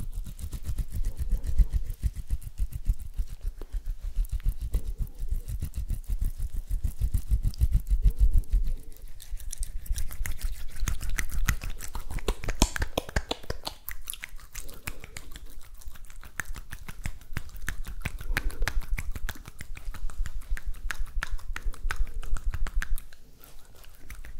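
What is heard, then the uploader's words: Hand sounds and movements: a fast, steady run of small dry clicks and taps, dense and almost continuous for the whole stretch. Low rubbing thumps sit underneath, with brighter scratchy brushing passages around the middle and soft pauses here and there. ASMR HAND SOUNDS and HAND MOVEMENTS.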